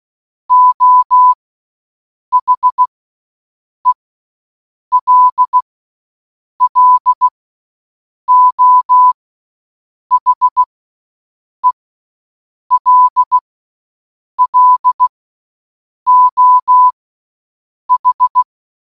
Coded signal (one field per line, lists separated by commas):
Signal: Morse code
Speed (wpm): 16 wpm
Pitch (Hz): 1000 Hz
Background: none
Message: O HELLO HELLO H